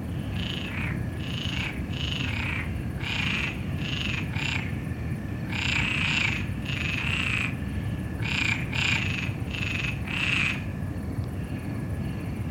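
Frog giving several short croaking bursts over a steady low rumble.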